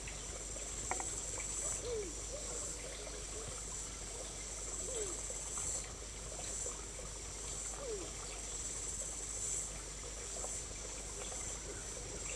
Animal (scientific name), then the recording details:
Hemiphaga novaeseelandiae. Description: New Zealand pigeon/kererū/kūkū/kūkupa. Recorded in New Zealand